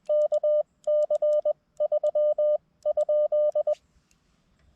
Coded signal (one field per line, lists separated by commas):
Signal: Morse code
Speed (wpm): 21 wpm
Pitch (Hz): 600 Hz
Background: none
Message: KC3?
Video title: Battle of the budget busters! Which radio would I prefer to listen to (KX2 vs TX-500)?